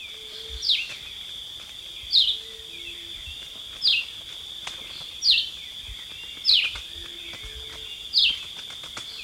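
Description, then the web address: Red-eyed vireo: six short, high downslurred notes at a steady pace over a steady high insect drone. Recorded in Ecuador. "Birds of Ecuador. Red-eyed Vireo"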